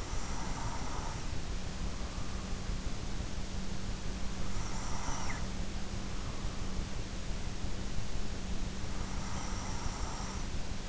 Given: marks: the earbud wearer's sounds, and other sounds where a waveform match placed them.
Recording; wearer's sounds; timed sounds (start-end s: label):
sounds in sleep by an in-ear microphone; breath
0.00-2.78 s: breath
4.59-6.65 s: breath
8.88-10.88 s: breath